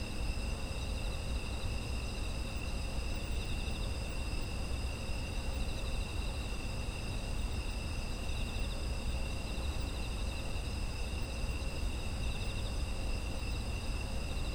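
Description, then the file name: Insects keep up a continuous, even high-pitched trilling at several pitches, accompanied by a low, constant ambient hum. Ambient sound of autumn insects. "秋の虫の環境音"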